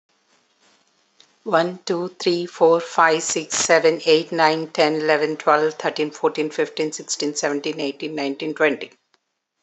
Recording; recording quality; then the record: counting at a fast pace; excellent, no background noise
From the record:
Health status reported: healthy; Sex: female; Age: 41 years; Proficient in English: yes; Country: India